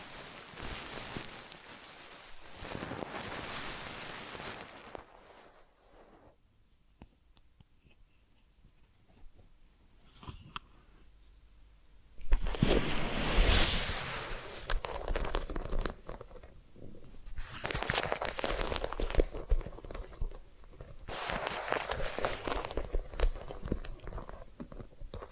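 Massage and ear cleaning sounds come as stretches of dense, scratchy rustling that swell and fade. A busy passage opens the clip, then a near-silent gap with faint ticks until a sharp click around 12 seconds starts louder rubbing that returns in bursts.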